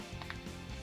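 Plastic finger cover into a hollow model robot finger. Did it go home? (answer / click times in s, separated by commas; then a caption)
yes / 0.2 s, 0.3 s. A plastic cover part is pushed into a hollow finger of a model robot hand and clicks into place at 0.2 s and 0.3 s, showing it is seated. The two short, sharp clicks stand out over a steady low background hum.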